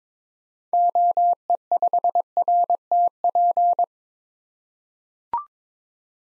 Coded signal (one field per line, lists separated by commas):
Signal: Morse code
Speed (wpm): 21 wpm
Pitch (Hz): 700 Hz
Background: none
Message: OE5RTP